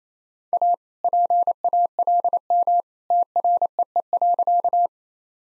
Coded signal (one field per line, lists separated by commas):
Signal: Morse code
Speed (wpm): 28 wpm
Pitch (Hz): 700 Hz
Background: none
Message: A PALM TREE.